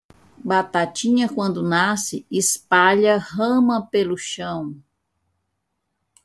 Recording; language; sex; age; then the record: short text; Brazilian Portuguese; female; 50 to 59 years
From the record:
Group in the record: control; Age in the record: 56 years